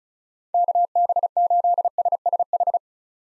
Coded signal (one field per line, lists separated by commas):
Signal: Morse code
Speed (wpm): 36 wpm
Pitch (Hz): 700 Hz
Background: none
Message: KB8SSH